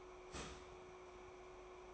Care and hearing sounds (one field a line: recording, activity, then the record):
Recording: daily activity, microphone in the room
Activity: start toaster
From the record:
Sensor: 1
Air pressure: 1014.7 hPa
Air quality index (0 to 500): 197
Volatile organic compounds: 31 ppm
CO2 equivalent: 2988 ppm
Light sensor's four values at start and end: 4/9/3/3 and 4/9/3/3